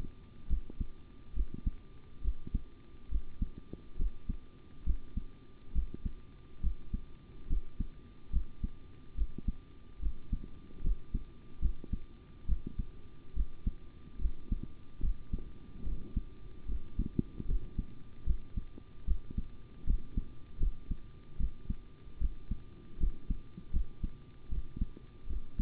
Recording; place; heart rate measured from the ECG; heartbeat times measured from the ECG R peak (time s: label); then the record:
heart sounds by stethoscope; between the tricuspid and mitral areas; 73 bpm
0.48 s: heartbeat
1.34 s: heartbeat
2.22 s: heartbeat
3.09 s: heartbeat
3.97 s: heartbeat
4.84 s: heartbeat
5.73 s: heartbeat
6.61 s: heartbeat
7.47 s: heartbeat
8.31 s: heartbeat
9.15 s: heartbeat
10.00 s: heartbeat
10.82 s: heartbeat
11.60 s: heartbeat
12.46 s: heartbeat
13.34 s: heartbeat
14.19 s: heartbeat
15.01 s: heartbeat
15.84 s: heartbeat
16.66 s: heartbeat
17.46 s: heartbeat
18.25 s: heartbeat
19.05 s: heartbeat
19.85 s: heartbeat
20.58 s: heartbeat
21.38 s: heartbeat
22.19 s: heartbeat
22.98 s: heartbeat
23.71 s: heartbeat
24.49 s: heartbeat
25.27 s: heartbeat
From the record:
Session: rest, sitting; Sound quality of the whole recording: good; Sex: male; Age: 25 years